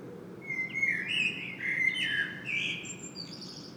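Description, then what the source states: Common blackbird song: one continuous mellow whistled warble that wavers up and down, closing with thin, high squeaky notes; low background rumble throughout. Common blackbird singing in Saint-Gilles, Belgium; Sony PCM-M10 internal microphone.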